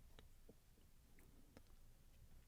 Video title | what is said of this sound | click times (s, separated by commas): Alfa Romeo Giulia/Stelvio 2.0T Serpentine Belt Change | You'll feel them kind of snap in. | 0.2 s, 1.6 s